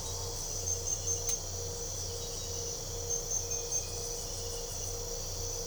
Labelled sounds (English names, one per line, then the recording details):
none
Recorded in pastures near Puerto Asís, Putumayo, Colombia, on 22 December 2024 at 01:00
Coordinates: 0.497, -76.327
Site G088